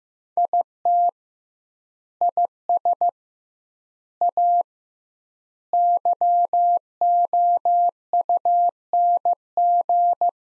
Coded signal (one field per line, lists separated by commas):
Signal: Morse code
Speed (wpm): 16 wpm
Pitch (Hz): 700 Hz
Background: none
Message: IT IS A YOUNG